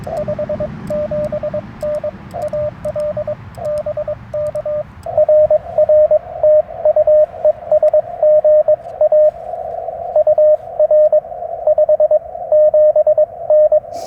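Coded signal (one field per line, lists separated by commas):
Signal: Morse code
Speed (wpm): 22 wpm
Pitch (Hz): 600 Hz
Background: radio noise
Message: 57N AL BK R R TU ES GA UR 57N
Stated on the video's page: CW Parks on the Air activation at 100 watts, Yaesu FT-891, Chelegance MC-750 antenna, BaMaKeY TP-III key.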